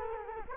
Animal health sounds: mosquito wingbeat signal from an infrared sensor; Culex quinquefasciatus

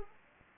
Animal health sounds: mosquito wingbeat signal from an infrared sensor; Anopheles arabiensis

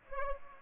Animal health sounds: mosquito wingbeat signal from an infrared sensor; Aedes aegypti

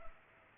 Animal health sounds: mosquito wingbeat signal from an infrared sensor; Culex pipiens

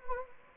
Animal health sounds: mosquito wingbeat signal from an infrared sensor; Anopheles gambiae

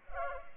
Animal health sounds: mosquito wingbeat signal from an infrared sensor; Culex pipiens

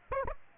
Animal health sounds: mosquito wingbeat signal from an infrared sensor; Aedes aegypti

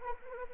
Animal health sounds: mosquito wingbeat signal from an infrared sensor; Anopheles arabiensis

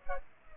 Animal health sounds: mosquito wingbeat signal from an infrared sensor; Culex pipiens

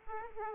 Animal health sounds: mosquito wingbeat signal from an infrared sensor; Aedes aegypti

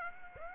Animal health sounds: mosquito wingbeat signal from an infrared sensor; Aedes aegypti

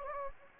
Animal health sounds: mosquito wingbeat signal from an infrared sensor; Anopheles gambiae

